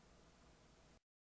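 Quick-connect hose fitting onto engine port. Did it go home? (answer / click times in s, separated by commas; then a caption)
no / none. The quick-connect fitting of the second hose of a Damond Motorsport oil catch can is handled at the bottom port of the engine on a 2014 Fiesta ST. A steady broadband hiss runs for about one second, then cuts abruptly to silence. Nothing has seated or clicked yet.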